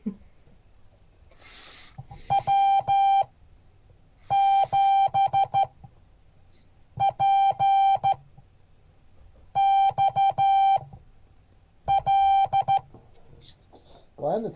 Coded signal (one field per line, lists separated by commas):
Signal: Morse code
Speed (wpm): 14 wpm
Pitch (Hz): 780 Hz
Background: speech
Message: W7PXL